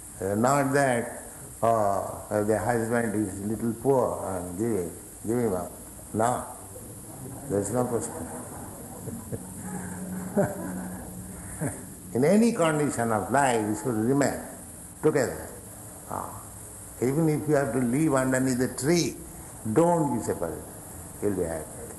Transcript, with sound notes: Not that, "Oh, the husband is a little poor. I am giving…, give him up." No. There is no question. [laughter] [chuckles] In any condition of life you should remain together. Even if you have to live underneath a tree, don't be separated—you'll be happy.